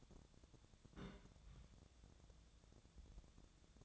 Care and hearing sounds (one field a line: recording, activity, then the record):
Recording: daily activity, microphone in the room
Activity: place on stove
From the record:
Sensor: 3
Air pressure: 1000.0 hPa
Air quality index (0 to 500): 125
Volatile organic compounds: 2 ppm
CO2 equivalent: 1122 ppm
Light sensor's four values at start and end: 46/115/50/55 and 46/115/50/55